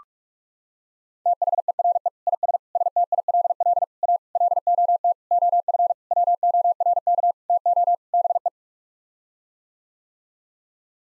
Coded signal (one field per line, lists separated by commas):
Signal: Morse code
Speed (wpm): 41 wpm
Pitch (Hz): 700 Hz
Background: none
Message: THERE IS STILL A LOT OF WORK TO BE